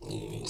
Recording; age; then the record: pig call; weaner (32 to 43 days)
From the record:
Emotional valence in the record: negative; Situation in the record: novel object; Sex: female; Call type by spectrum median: low-frequency call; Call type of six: mixed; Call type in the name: high-frequency modulated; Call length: 0.50 s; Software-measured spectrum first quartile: 253 Hz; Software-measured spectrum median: 967 Hz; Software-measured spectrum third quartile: 5357 Hz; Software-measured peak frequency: 339 Hz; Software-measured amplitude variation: 132 dB a second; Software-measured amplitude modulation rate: 30.0 a second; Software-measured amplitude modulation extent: 4.4 dB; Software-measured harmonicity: 3.9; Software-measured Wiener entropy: -3.94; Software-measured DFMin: 1208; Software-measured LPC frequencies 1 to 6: 363, 2505, 3912, 4808, 6282, 6975 Hz